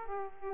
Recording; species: mosquito wingbeat signal from an infrared sensor; Aedes aegypti